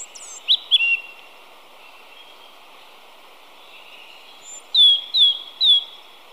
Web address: Natures Songs S America Birds of Ecuador Pale-eyed Thrush